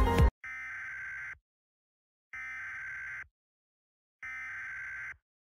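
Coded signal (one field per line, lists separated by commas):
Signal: Emergency Alert System (SAME) tones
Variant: header bursts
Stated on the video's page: Simulated EAS scenario for a fictional downburst warning in New York's Capital Region.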